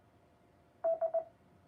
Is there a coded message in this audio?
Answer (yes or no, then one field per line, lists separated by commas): no